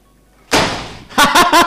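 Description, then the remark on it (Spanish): A studio door slams shut with a loud, sharp bang that rings out briefly, followed by three quick rattling thuds in a rapid, even rhythm. “Pero vais a ver cómo suena la puerta del locutorio cerrándose.”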